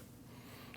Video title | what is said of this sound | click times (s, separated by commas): How to Replace AC Condenser 2014-2023 Jeep Cherokee | Plug that sensor in. Wait for the click. | 0.7 s